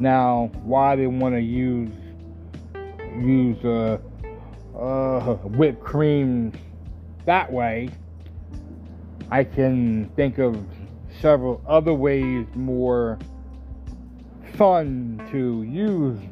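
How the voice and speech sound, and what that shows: Adult male speech with a repeated word, stretched sounds and long silent blocks mid-phrase, typical of stuttering. The stutter has been present his entire life, since birth, occurs on some words and is sometimes uncontrollable; he was a high forceps delivery.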